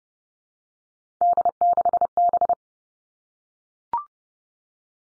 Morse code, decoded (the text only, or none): D6B